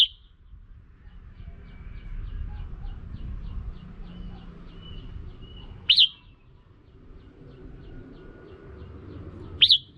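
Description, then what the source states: Red-whiskered bulbul gives a few sharp chirped calls over a low rumbling background with faint rapid ticking early on. Female.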